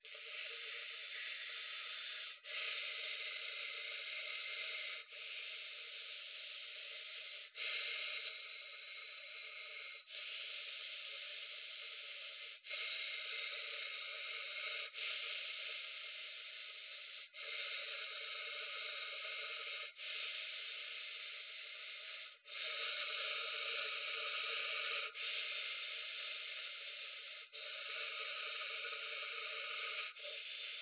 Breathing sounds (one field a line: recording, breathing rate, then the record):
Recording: paced breathing near a phone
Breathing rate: 12 breaths a minute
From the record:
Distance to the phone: 20 cm